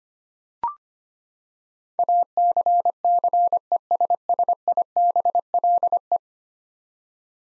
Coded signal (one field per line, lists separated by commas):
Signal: Morse code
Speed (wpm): 25 wpm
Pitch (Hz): 700 Hz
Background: none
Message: ACCESSIBLE